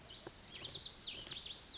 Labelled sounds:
Lazuli Bunting (Passerina amoena)
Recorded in Sonoma County, California

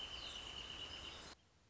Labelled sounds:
Wrentit (Chamaea fasciata)
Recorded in Sonoma County, California

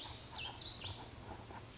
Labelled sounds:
Warbling Vireo (Vireo gilvus)
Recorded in Sonoma County, California

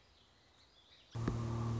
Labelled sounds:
Song Sparrow (Melospiza melodia)
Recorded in Sonoma County, California

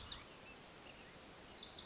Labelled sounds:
Wilson's Warbler (Cardellina pusilla)
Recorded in Sonoma County, California

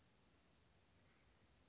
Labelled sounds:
Western Flycatcher (Empidonax difficilis)
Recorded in Sonoma County, California

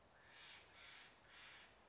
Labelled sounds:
Steller's Jay (Cyanocitta stelleri)
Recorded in Sonoma County, California

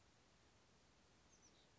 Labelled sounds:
Oak Titmouse (Baeolophus inornatus)
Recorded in Sonoma County, California

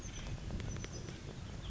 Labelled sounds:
Oak Titmouse (Baeolophus inornatus)
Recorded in Sonoma County, California

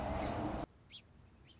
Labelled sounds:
Song Sparrow (Melospiza melodia)
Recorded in Sonoma County, California

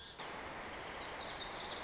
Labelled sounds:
Lazuli Bunting (Passerina amoena)
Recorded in Sonoma County, California

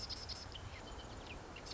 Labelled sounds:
Marsh Wren (Cistothorus palustris)
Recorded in Sonoma County, California

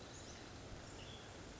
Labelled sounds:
Western Tanager (Piranga ludoviciana)
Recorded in Sonoma County, California

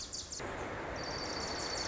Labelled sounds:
Wilson's Warbler (Cardellina pusilla)
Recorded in Sonoma County, California

